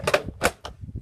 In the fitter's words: You can hear it sort of clicking into place.